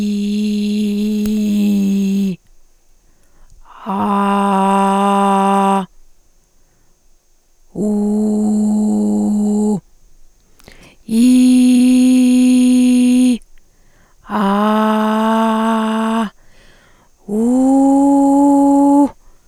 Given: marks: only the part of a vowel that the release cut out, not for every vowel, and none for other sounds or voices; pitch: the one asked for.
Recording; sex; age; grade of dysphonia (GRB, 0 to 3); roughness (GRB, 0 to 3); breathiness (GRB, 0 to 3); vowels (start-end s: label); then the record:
sustained vowels; female; 40 to 49 years; 2; 2; 1
0.00-1.24 s: vowel /i/, normal pitch
4.05-5.71 s: vowel /a/, normal pitch
7.85-9.62 s: vowel /u/, normal pitch
11.26-13.21 s: vowel /i/, high pitch
14.44-16.15 s: vowel /a/, high pitch
17.37-18.95 s: vowel /u/, high pitch
From the record:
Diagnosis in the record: recurrent laryngeal nerve paralysis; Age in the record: 47 years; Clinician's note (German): Links, intubationsbedingt, mit guter stroboskopischer Restbeweglichkeit